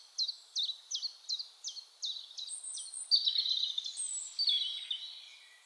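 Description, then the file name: European robin: a series of crisp, high downslurred notes, about three a second, then a tumbling, jumbled warbling flourish; otherwise quiet. "Erithacus rubecula"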